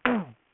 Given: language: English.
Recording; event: throat vibration sensor signal played as sound; throat clearing